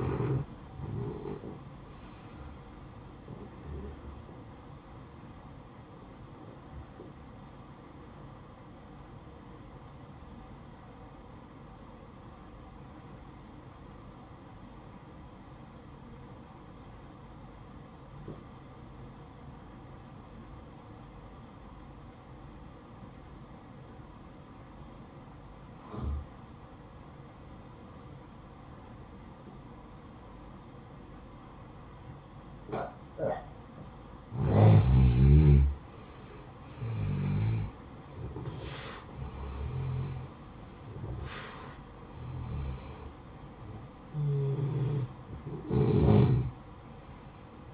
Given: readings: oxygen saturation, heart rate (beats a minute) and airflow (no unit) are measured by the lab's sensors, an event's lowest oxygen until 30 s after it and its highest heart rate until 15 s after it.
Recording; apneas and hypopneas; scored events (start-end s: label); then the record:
breathing in sleep by a smartphone at the bedside; 1
8.00-34.00 s: obstructive apnea (N1, oxygen 95% highest, then 90% lowest, heart rate 59 at the start, 71 highest)
From the record:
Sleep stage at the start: N1 (lightest sleep); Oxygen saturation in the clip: 89 to 95%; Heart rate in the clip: 54 to 71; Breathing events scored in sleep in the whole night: 573 in 9.8 hours asleep